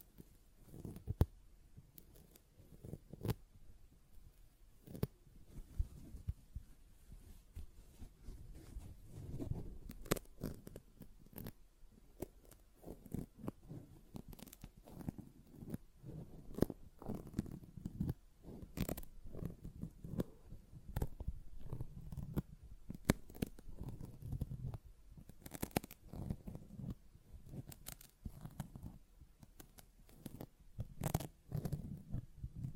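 A sponge being worked by hand, with soft, muffled squishing and rubbing that stays low and dense throughout. Sharp, bright scratchy clicks cut through at irregular moments, a few every second or two, over a steady rustling bed.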